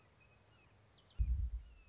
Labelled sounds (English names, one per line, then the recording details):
Red-shouldered Hawk
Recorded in Sonoma County, California